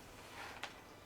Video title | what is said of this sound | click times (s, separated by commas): Disassembling a Sea Lite 37 RC Sailboat to Perform Electrical Repairs | pry up at the seam you can hear the pop | 0.6 s